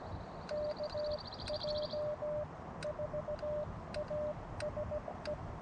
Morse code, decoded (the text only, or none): KJ4ASE